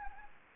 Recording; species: mosquito wingbeat signal from an infrared sensor; Anopheles gambiae